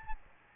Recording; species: mosquito wingbeat signal from an infrared sensor; Aedes albopictus